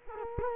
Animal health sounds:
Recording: mosquito wingbeat signal from an infrared sensor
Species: Culex quinquefasciatus

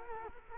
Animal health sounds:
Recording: mosquito wingbeat signal from an infrared sensor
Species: Culex quinquefasciatus

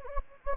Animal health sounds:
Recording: mosquito wingbeat signal from an infrared sensor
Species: Anopheles gambiae

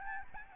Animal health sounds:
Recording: mosquito wingbeat signal from an infrared sensor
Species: Aedes albopictus

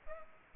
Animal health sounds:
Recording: mosquito wingbeat signal from an infrared sensor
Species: Aedes aegypti

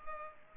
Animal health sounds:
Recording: mosquito wingbeat signal from an infrared sensor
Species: Culex pipiens

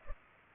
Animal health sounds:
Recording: mosquito wingbeat signal from an infrared sensor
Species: Culex pipiens

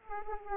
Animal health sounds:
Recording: mosquito wingbeat signal from an infrared sensor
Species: Aedes aegypti

